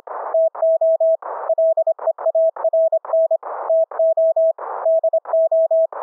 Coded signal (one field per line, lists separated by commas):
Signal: Morse code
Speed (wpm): 25 wpm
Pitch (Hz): 650 Hz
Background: none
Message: TO LEARN TO DO